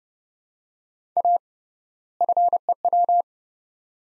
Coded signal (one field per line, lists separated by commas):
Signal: Morse code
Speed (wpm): 30 wpm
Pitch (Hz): 700 Hz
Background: none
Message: A FEW